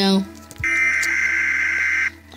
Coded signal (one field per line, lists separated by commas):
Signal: Emergency Alert System (SAME) tones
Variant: header bursts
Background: speech